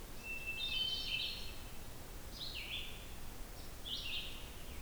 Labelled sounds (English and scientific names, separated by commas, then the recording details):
Red-eyed Vireo (Vireo olivaceus) song
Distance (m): 40 m
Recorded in boreal forest in Alberta, Canada, on 16 June 2016 at 07:00
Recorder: SongMeter 3, array SBT-3-32
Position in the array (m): 36 m, 9 m